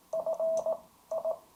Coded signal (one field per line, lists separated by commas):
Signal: Morse code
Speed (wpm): 18 wpm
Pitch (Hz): 620 Hz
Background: none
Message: F I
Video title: HF Stealth Antenna for 20 Metre Ham Radio Band